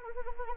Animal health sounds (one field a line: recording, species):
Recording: mosquito wingbeat signal from an infrared sensor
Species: Anopheles arabiensis